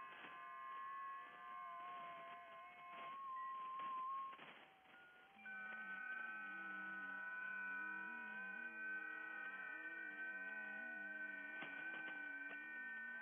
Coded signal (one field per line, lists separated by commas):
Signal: FT8